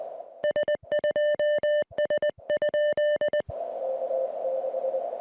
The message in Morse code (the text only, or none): S2S?